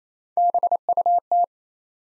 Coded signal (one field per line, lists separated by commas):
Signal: Morse code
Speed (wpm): 28 wpm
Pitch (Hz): 700 Hz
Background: none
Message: BUT